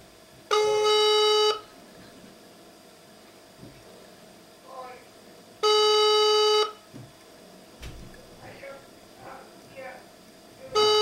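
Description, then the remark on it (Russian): Phone ringback tones: a steady, buzzy tone lasting about a second repeats every five seconds, with faint murmuring voices in the gaps between rings. “Так что надеюсь, что все-таки я еще ему дозвонюсь и не раз.”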